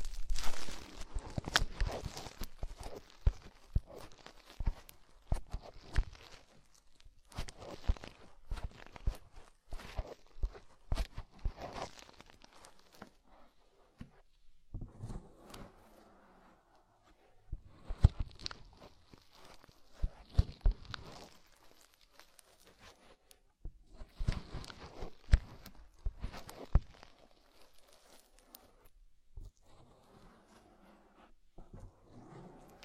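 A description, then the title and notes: Deep ear cleaning and massage sounds come in bursts of dense crackling, rustling and scratching, with quick sharp clicks and crunches. Active stretches of several seconds alternate with short quiet gaps, and softer muffled rubbing fills the pauses around 15 and 30 seconds. Enhanced version of deep ear cleaning, massage.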